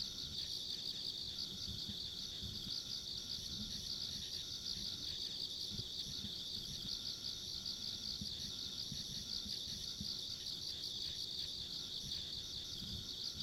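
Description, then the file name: Insect: steady chorus of trilling insects, high and rhythmically pulsed, with a thin upper tone and low rumbling ambience. Ambient insect sounds along a rural country road. "田舎道の虫の環境音"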